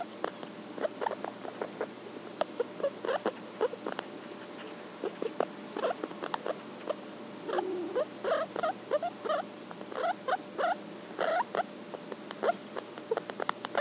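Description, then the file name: Guinea pig mumbles in quick runs of low, clicky grunts, with a short drawn-out rumble near the middle. "Cavia porcellus mumbling"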